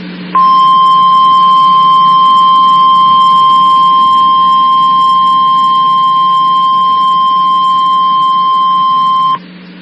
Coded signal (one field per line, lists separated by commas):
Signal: Emergency Alert System (SAME) tones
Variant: 1050 Hz attention tone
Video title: EAS 4099-4106: Required Weekly Tests From 12/07/22